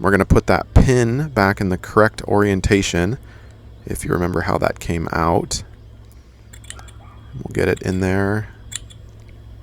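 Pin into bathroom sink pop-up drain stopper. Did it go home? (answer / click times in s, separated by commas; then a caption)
yes / 8.8 s. Someone talks while pushing the small pin back into a bathroom sink pop-up drain stopper assembly in the correct orientation, with a few faint ticks around 6.5–6.8 s. A sharp click at 8.8 s marks the pin popping into place, seated.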